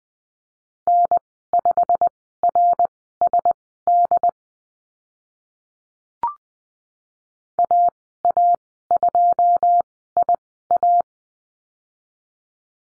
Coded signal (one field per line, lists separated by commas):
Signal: Morse code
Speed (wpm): 20 wpm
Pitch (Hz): 700 Hz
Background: none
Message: N5RSD AA2IA